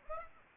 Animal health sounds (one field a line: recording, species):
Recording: mosquito wingbeat signal from an infrared sensor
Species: Aedes aegypti